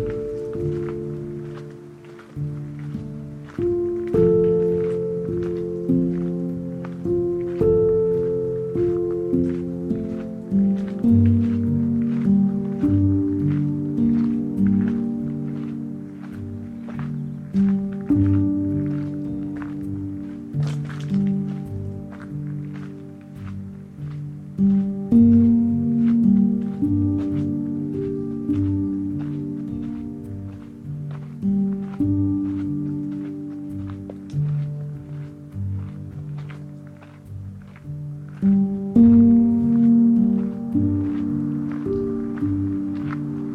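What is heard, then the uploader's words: A recording from Ramsey Canyon Preserve in the Huachuca Mountains of SE Arizona: low, humming tones that hold and shift pitch in steps throughout. Frequent short taps and clicks sound over them, and the level swells and dips without stopping. Today’s soundwalk was made on April 23, 2022 at Ramsey Canyon Preserve in the Huachuca Mountains of SE Arizona.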